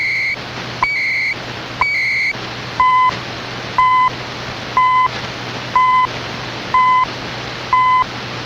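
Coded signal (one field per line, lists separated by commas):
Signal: radio time signal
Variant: CHU Canada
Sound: static with three higher data tone bursts, then six short 1 kHz ticks one second apart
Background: radio static, low hum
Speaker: This is from the 18th of July on 14670. CHU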